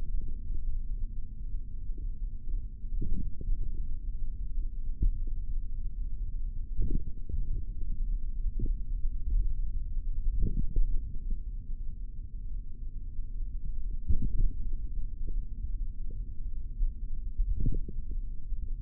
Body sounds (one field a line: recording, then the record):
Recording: forearm muscle sounds (acoustic myography)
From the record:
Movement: tripod grip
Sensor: system 3, bracelet of six PUI Audio POM-2738L microphones around the upper forearm, with dedicated amplification and filtering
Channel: 3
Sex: male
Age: 23 years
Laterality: right